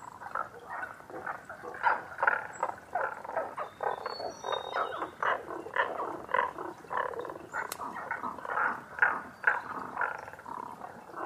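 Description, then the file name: Tago's brown frog chorus of harsh, clucking croaks overlapping continuously, rising and falling in loudness, with faint bird whistles now and then. Recorded 11 June 2010 at 18:05. "tagogaeru-20100611-1805"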